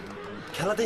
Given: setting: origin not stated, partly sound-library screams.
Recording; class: one-second piece from a danger detection set; normal situation